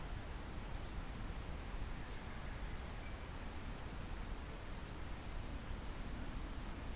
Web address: SETE Erithacus rubecula